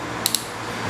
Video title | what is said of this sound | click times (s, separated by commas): REVIEWสว่านกระแทกไร้สาย dewalt dcd996 เจาะได้เร็ว เเรงบิดมหาศาล ทนทาน ใช้งานดี ราคาถูกที่จะเลือกซื้อ | มีเสียงติ๊กอยู่นะฮะจะ | 0.3 s, 0.4 s